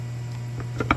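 A screw is driven into a workpiece with a cordless Ryobi powered screwdriver until the tool stops itself at its torque limit, flashing its red light, while screws driven by two other tools were stripped out. A steady low hum runs throughout, with faint ticks near 0.6 s and 0.8 s, then a sharp loud click at 0.9 s as the driver stops at its torque limit.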